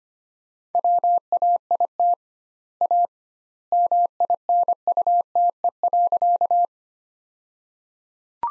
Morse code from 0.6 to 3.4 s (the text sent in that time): WAIT A